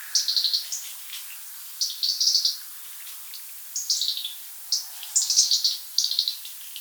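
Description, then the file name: European robin song in several quick, high, trilling phrases, thin and tinkling, separated by pauses of up to about a second. "rotkehlchen"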